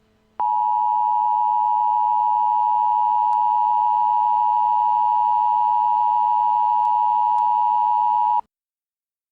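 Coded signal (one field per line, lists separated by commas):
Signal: Emergency Alert System (SAME) tones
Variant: 853 and 960 Hz attention tone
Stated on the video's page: Fictional EAS scenario about aliens coming to Earth.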